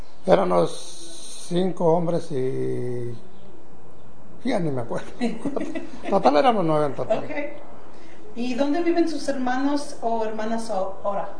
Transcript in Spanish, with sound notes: Éranos cinco hombres y ya ni me acuerdo. (risas) Total, éramos nueve en total. Y, ¿dónde viven sus hermanos o hermanas ahora?